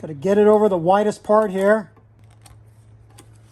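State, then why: Not seated. A new steel snap ring, spread with snap ring pliers, is slid down the rear axle shaft of a 100 Series Land Cruiser / LX470 over its widest part. Someone talks for the first two seconds, then faint, sharp ticks of handling follow at about 2.2, 2.5 and 3.2 seconds. The ring has not snapped into place yet.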